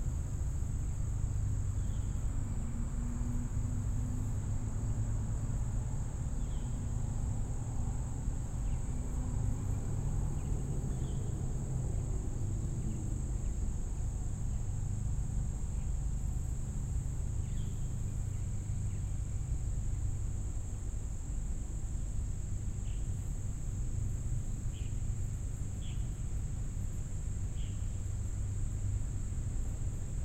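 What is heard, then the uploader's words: At Gibraltar Bay, a steady high insect drone runs throughout over a constant low rumble, with faint brief chirps appearing now and then. Gibraltar Bay Unit: Detroit River International Wildlife Refuge. Marsh and upland refuge on the site of a former Navy seaplane base and former NIKE missile base.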